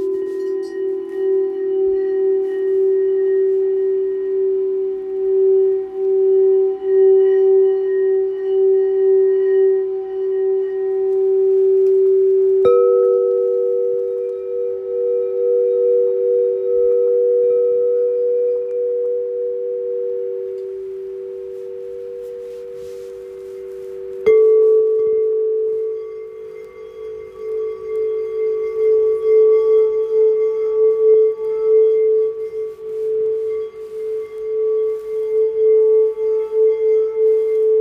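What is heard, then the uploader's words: A sound bowl rings in long, steady tones, its pitch sitting in the middle register with a few fainter, higher overtones hovering above. New strikes land around 13 and 24 seconds, each adding a brighter ring that slowly fades while the low hum wavers and pulses throughout. Small clip of my Sound Bowl Healing Session.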